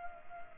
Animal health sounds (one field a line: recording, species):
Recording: mosquito wingbeat signal from an infrared sensor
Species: Culex pipiens